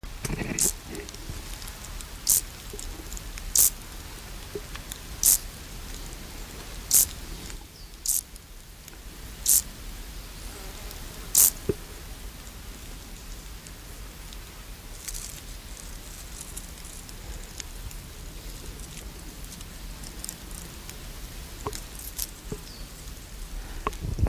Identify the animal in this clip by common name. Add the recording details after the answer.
Field Grasshopper. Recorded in the wild. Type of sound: stridulation. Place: Lienen, Nordrhein-Westfalen, DE. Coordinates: 52.1714, 7.93083. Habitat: glade. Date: 1991-09-12 14:27. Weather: sunny, 20°C. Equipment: Marantz CP 430, Kopie Tesla B 116. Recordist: Tembrock, Günter. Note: Waldwiese am Höhenweg im Teuteburger Wald (Ri. Westen). Stridulation